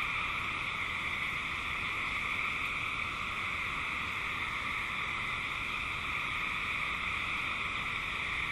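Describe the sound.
Eastern gray treefrogs in a dense, continuous chorus of overlapping trilled calls, forming a steady droning wall of sound without breaks.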